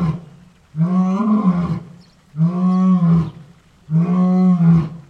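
Lion roaring three times in steady succession, deep and resonant, each roar lasting about a second with short pauses.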